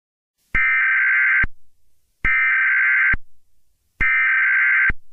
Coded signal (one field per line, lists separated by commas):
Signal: Emergency Alert System (SAME) tones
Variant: header bursts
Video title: NWS Bulletin for Hurricane Katrina (EAS Reenactment)